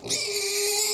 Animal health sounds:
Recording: pig call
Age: weaner (32 to 43 days)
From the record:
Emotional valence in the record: negative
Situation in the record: novel object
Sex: female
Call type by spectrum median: high-frequency call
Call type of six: high-frequency stable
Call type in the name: high-frequency stable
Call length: 0.94 s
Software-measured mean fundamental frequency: 370 Hz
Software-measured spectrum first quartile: 2093 Hz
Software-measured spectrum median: 4706 Hz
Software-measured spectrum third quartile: 7029 Hz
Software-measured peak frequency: 411 Hz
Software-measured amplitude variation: 85 dB a second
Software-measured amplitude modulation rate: 22.8 a second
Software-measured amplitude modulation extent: 3.7 dB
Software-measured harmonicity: 2.4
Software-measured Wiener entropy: -1.99

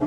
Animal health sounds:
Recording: pig call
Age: growing-finishing pig (85 days or more)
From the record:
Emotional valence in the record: positive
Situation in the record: run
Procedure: transit

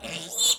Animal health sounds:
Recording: pig call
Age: piglet (1 to 25 days)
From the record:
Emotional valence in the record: negative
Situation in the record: castration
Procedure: castration, fixation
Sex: male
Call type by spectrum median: high-frequency call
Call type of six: mixed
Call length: 0.60 s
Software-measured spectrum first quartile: 3438 Hz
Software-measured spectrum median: 5332 Hz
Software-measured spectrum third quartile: 7848 Hz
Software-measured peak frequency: 3535 Hz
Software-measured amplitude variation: 146 dB a second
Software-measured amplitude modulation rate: 17.6 a second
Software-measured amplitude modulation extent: 8.3 dB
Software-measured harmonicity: 7.3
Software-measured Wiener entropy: -2.22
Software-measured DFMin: 1187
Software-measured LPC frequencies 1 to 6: 657, 2899, 3541, 4132, 5769, 7008 Hz

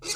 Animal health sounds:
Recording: pig call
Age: weaner (32 to 43 days)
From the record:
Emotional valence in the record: negative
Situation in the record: long isolation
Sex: female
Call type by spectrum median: high-frequency call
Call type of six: high-frequency stable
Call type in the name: high-frequency stable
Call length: 0.15 s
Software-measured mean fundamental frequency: 427 Hz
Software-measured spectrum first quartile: 3020 Hz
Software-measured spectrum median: 4824 Hz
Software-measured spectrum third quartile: 6798 Hz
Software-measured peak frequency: 4567 Hz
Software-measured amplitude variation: 163 dB a second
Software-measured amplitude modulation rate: 3.2 a second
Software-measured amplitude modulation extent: 50.6 dB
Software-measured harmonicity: 1.3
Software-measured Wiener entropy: -1.95

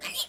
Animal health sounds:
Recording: pig call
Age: piglet (1 to 25 days)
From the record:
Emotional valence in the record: negative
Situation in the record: castration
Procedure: castration, fixation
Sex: male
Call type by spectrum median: high-frequency call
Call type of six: low-frequency tonal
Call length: 0.29 s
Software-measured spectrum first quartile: 3106 Hz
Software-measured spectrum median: 4465 Hz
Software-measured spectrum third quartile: 8550 Hz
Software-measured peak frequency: 3515 Hz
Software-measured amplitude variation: 175 dB a second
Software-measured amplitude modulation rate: 12.2 a second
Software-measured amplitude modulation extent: 14.3 dB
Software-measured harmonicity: 2.3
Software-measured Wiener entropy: -1.87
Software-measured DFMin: 639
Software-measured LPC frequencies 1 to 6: 934, 2512, 3300, 4127, 5056, 7076 Hz

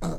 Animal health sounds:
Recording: pig call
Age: piglet (1 to 25 days)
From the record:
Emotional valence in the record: negative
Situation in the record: long isolation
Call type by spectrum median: low-frequency call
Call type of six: low-frequency modulated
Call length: 0.20 s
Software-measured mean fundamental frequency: 83 Hz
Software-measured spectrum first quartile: 110 Hz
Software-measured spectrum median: 284 Hz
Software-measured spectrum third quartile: 926 Hz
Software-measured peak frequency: 170 Hz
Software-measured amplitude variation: 76 dB a second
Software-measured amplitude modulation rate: 17.9 a second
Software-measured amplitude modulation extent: 4.3 dB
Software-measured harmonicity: 1.5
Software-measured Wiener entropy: -1.27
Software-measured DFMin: 920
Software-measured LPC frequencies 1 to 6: 592, 1276, 2167, 3897, 5120, 6322 Hz

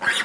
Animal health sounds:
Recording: pig call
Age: piglet (1 to 25 days)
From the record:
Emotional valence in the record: negative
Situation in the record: missed nursing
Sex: male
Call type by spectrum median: low-frequency call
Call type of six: high-frequency modulated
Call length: 0.25 s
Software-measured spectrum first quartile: 1599 Hz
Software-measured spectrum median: 2141 Hz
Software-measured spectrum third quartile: 4172 Hz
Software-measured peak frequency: 1624 Hz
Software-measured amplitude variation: 191 dB a second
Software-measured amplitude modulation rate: 13.8 a second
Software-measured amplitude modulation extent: 13.9 dB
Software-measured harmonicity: 2.6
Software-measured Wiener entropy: -1.78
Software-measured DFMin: 862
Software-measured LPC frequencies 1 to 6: 888, 1607, 3620, 4864, 7057, 7979 Hz

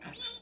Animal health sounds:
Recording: pig call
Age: piglet (1 to 25 days)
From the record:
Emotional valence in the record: negative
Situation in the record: restrain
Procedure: sham castration, fixation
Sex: male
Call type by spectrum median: high-frequency call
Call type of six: mixed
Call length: 0.41 s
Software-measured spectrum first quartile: 3754 Hz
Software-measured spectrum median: 4807 Hz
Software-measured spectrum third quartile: 6646 Hz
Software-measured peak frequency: 4034 Hz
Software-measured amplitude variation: 140 dB a second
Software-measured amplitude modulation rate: 15.7 a second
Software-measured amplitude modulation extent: 8.9 dB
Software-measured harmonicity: 8.1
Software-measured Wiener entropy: -2.25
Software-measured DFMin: 944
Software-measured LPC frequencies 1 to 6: 620, 1561, 2518, 3522, 4113, 5000 Hz

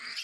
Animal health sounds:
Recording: pig call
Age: piglet (1 to 25 days)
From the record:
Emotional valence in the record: positive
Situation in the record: reunion after long isolation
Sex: female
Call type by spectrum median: high-frequency call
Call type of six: low-frequency tonal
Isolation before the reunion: 8 minutes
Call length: 0.24 s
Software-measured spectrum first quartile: 2318 Hz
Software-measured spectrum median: 3619 Hz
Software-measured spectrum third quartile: 4942 Hz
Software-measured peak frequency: 4859 Hz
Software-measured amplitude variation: 119 dB a second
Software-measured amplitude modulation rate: 18.8 a second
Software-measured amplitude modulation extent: 6.3 dB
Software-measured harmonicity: 1.9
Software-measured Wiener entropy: -1.82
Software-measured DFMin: 796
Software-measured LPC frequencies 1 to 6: 1403, 2018, 2598, 4884, 7027, 7898 Hz

